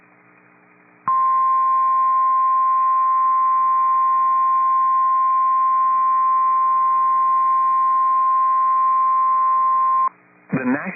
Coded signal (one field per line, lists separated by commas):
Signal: Emergency Alert System (SAME) tones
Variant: 1050 Hz attention tone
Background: speech